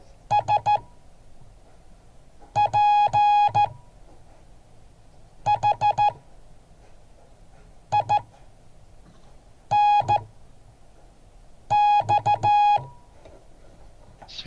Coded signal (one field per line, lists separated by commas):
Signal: Morse code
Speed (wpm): 14 wpm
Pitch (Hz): 830 Hz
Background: none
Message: SPHINX